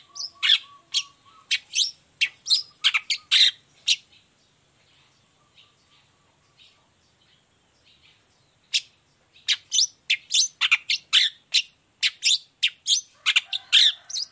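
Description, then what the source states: Long-tailed shrike chattering in fast, grating, scratchy notes, pausing several seconds, then resuming an intense rapid burst of harsh calls. Long-tailed shrike in full song in the morning, with 'toet toet' notes, varied clear-voiced phrases; offered as a model for other shrikes to imitate.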